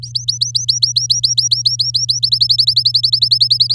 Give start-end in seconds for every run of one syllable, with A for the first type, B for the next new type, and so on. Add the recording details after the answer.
0.02-2.19 A, 2.23-3.74 B. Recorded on 11 May 2018 at 10:22. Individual llb16